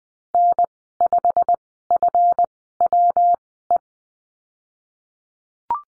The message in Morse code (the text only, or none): N5FWE